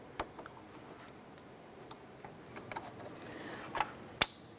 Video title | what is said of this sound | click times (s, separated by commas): How to Replace Radiator 2005-2007 Ford Five Hundred | that together you can hear it click | 4.2 s